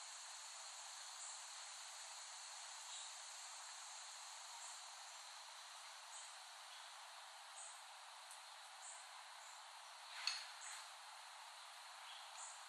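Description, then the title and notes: Steady, even cicada buzz, a shimmering high hiss that barely changes, broken by one sharp click near the end. Several cicadas, recorded in West Brighton, Staten Island, late summer 2008. "Dronecast. The Cicadas of Summer. Recording of cicadas made by Dan Bodah in West Brighton, Staten Island, late summer 2008"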